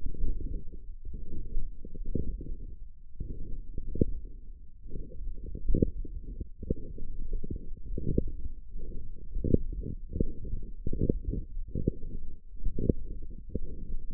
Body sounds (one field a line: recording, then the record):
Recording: forearm muscle sounds (acoustic myography)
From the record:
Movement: forearm pronation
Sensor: system 1, eight BSWA MPA416 microphones around the upper forearm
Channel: 6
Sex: male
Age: 23 years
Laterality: right